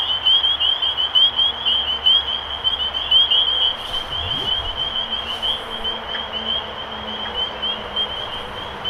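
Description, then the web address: Spring peepers peeping in a steady chorus of shrill rising notes, with a brief low whoosh passing around the middle. Recorded 23 March 2012. "rob animals Peepers-2012-0323"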